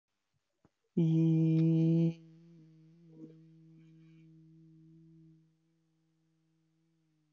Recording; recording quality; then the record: sustained vowel as in beet; excellent, no background noise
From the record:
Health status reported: healthy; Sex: male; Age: 24 years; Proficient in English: yes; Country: India